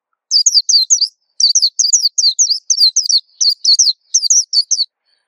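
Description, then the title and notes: White-eye song: a long run of high, sweet, rapid down-slurred chirps in quick clusters, nearly continuous with brief pauses. Local name pleci; described as a long, melodious song. "Kicau Burung Pleci. suara burung pleci merdu panjan"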